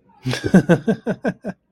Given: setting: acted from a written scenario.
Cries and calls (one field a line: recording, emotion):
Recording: vocal sound without words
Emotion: amusement